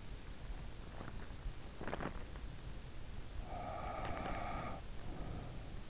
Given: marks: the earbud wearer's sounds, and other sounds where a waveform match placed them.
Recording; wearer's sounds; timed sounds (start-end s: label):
sounds in sleep by an in-ear microphone; teeth grinding, breath
1.45-2.52 s: teeth grinding
3.36-5.90 s: breath